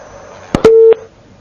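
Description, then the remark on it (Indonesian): A phone line clicks twice, then a single steady mid-pitched tone sounds for about a third of a second before cutting off with another click, as a caller's call into the Radio and TV Roja phone-in line fails to go through. “Belum tersambung, kami undang kembali.”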